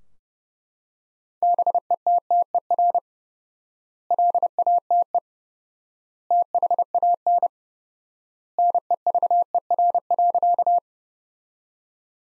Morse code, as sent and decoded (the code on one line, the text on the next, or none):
-... . - - . .-. / .-.. .- - . / - .... .- -. / -. . ...- . .-. .-.-.-
BETTER LATE THAN NEVER.